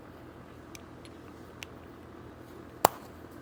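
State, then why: Seated. The second one-use plastic fastener is pushed into the other mounting clip of a Subaru Outback window rain deflector. A few faint ticks come at about 0.8, 1.1 and 1.6 s over quiet background noise. A sharp, loud snap at 2.9 s marks the fastener seating in the clip.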